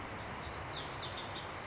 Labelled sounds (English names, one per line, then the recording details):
Lazuli Bunting
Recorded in Sonoma County, California